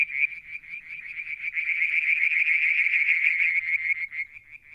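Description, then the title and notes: Frogs producing a continuous dense chorus of rapid pulsed notes throughout, with the rhythm wavering slightly. Striped marsh frog, Verreaux's tree frog and an unidentified frog calling one evening near the water tank at Mount Wilson, New South Wales, Australia, July 2022. "Frog song, Mount Wilson, New South Wales, Australia in July 2022 – by Alexander Moffatt. Limnodynastes Peronii, Litoria Verreauxii and a mystery frog one evening near the water tank"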